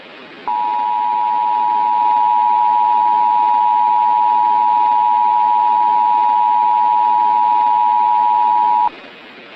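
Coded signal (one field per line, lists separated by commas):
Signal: Emergency Alert System (SAME) tones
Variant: 853 and 960 Hz attention tone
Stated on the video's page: Fictional analog horror EAS scenario using valid EAS tones.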